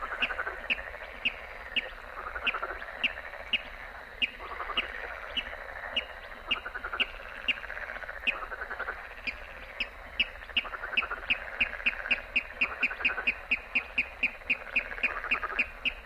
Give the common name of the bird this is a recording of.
Water Rail